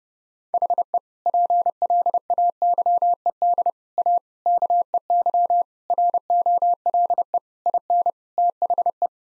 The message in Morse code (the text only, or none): HE PLAYED A KEY ROLE IN THE